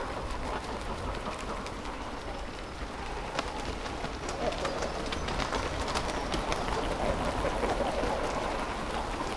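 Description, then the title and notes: Great cormorants calling in a dense, continuous colony chorus of guttural, overlapping croaks and grunts, with a steady background din throughout. Breeding colony of cormorants sitting on their nests and flapping up and down; Zemitz, Germany; recorded with a TASCAM DR-100. "Zemitz, Deutschland - Kormorane brüten. breeding cormorants. Die Kormorane sitzen auf Ihren Nestern und flattern auf und ab"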